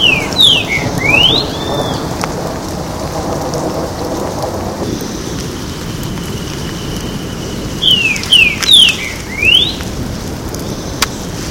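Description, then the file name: Green-winged saltator song, two short bursts of rich whistled notes swooping up and down, several seconds apart, over a steady hiss like light rain. Recorded at a botanical garden in Porto Alegre, Brazil, on 18 October 2014. "Saltator-similis 1-Jd Botanico POA-18-10-14-ASilveira"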